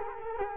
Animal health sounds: mosquito wingbeat signal from an infrared sensor; Culex quinquefasciatus

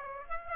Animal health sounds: mosquito wingbeat signal from an infrared sensor; Aedes aegypti

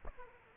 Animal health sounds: mosquito wingbeat signal from an infrared sensor; Aedes aegypti

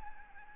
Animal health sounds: mosquito wingbeat signal from an infrared sensor; Aedes albopictus

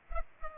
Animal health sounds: mosquito wingbeat signal from an infrared sensor; Culex pipiens

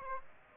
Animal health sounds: mosquito wingbeat signal from an infrared sensor; Aedes aegypti

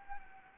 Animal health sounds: mosquito wingbeat signal from an infrared sensor; Anopheles gambiae

